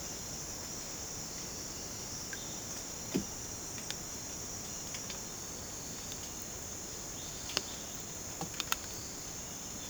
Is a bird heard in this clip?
no